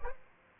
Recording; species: mosquito wingbeat signal from an infrared sensor; Aedes aegypti